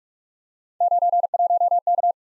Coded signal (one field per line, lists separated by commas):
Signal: Morse code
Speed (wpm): 44 wpm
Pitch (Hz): 700 Hz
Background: none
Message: 91K